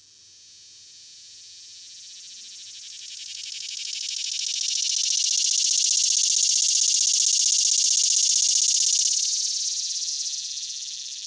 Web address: The Songs of Insects. Swamp Cicada